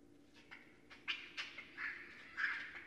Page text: Raccoon 2012 01 04. The Northern Raccoon (Procyon lotor)